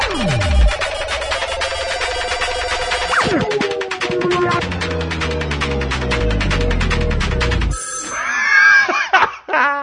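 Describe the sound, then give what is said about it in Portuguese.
A radio show jingle introducing a prank-call segment, built around a ringing telephone bell, with rapid metallic trills over synth tones and swooping effects, ending in a brief burst of bright electronic chirps. “Atenção, produção, por favor, a vinhetinha, telefone, primeiro vinhetinha.”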